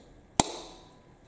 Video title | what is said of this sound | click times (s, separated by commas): EuroMini Zizzo CAMPO 20” Folding Bike Unboxing Assembly and First Ride REVIEW | press it forward it should snap in place | 0.4 s